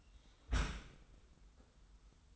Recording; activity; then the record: daily activity, microphone in the room; close dishwasher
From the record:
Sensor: 3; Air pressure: 990.4 hPa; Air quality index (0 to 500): 192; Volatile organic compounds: 1000 ppm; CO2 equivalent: 6271 ppm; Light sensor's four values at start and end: 34/79/32/31 and 34/79/32/31